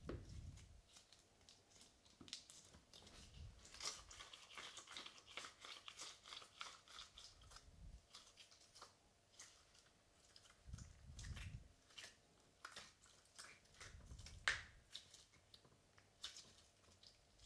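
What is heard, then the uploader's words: Slime being played with and squished, making irregular wet, sticky clicks and crackles that come in quick clusters throughout. Soft low thumps land at the start, near 11 seconds and around 14–15 seconds, with a sharp squelch at about 14.5 seconds. Play with Slime - Squishing and Sticky Sounds.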